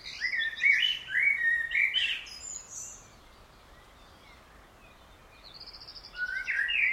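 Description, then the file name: Common blackbird song: a low fluty warbled phrase ending in high squeaky twitters, then a pause before another phrase begins near the end. "Turdus merula"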